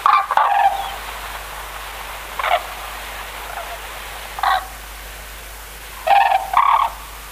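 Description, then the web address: White-naped crane calls: harsh, harmonic honking notes in short bursts, a pair near the start, single notes near 2.5 and 4.5 seconds, then a double call near the end. "sikioto. manazuru"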